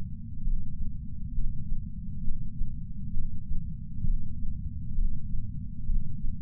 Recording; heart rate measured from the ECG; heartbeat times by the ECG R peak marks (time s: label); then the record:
heart sounds by patch sensor on the chest; 66 bpm
0.44 s: heartbeat
1.36 s: heartbeat
2.24 s: heartbeat
3.14 s: heartbeat
4.04 s: heartbeat
4.95 s: heartbeat
5.86 s: heartbeat
From the record:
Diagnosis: coronary artery disease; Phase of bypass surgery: preoperative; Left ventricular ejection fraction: 50.2%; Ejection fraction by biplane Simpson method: 54%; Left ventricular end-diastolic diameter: 54 mm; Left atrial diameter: 42 mm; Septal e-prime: 4.1 cm/s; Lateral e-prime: 7.1 cm/s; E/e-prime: 7.2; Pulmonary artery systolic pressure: 19 mmHg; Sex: male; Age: 60 years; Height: 170 cm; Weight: 103 kg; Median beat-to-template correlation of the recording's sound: 0.82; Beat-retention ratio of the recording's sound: 0.99